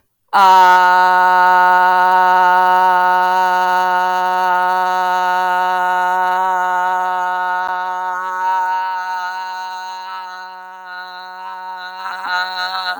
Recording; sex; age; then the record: vowel held as long as possible; female; 40 to 49 years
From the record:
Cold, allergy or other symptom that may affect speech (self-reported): no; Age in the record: 40 years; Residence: New York, United States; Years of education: 12